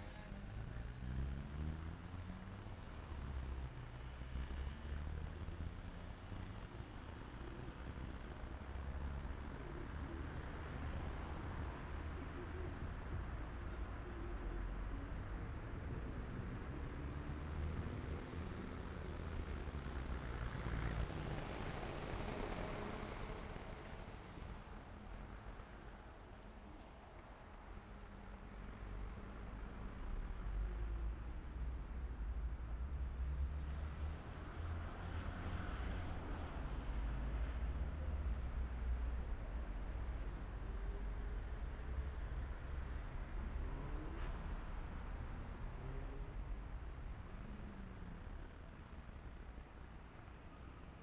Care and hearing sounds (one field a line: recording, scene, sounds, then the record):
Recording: everyday scene through a hearing-aid microphone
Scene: in traffic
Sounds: traffic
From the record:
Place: main city hub, rush hour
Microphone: behind the ear, right, rear